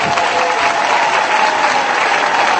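audience clapping

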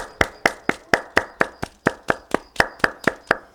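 applause

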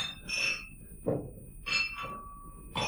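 glass bottles clinking together

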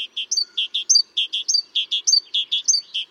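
great tit song

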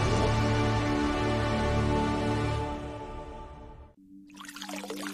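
running water

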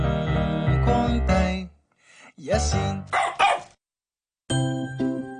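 dog barking

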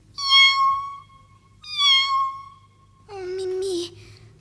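cat meowing

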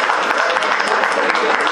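applause

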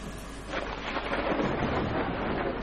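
rain and wind storm

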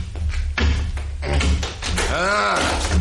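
door being opened

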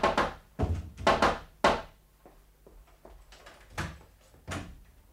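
door being opened

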